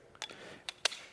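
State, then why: Released. A pressurised Coravin preservation stopper on a sparkling wine bottle is pulled up and rotated all the way so it can be taken off. Faint plastic ticks sound around 0.2, 0.3 and 0.7 s, followed by the sharpest, loudest click at 0.9 s. The stopper is released and ready for removal.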